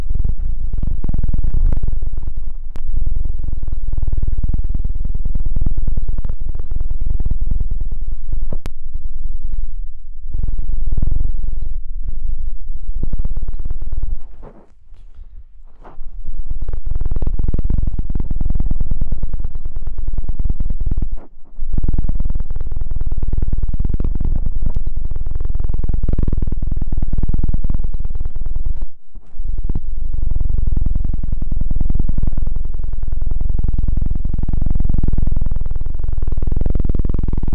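A helicopter sound swirls around with a heavy, steady low rumble and a churning throb that rises and falls in waves. Brief dropouts break it near 15, 21 and 29 seconds, and sharp crackling clicks appear early on, around two to three seconds.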